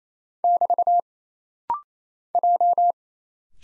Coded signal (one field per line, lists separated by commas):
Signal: Morse code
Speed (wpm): 27 wpm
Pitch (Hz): 700 Hz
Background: none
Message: <BT> J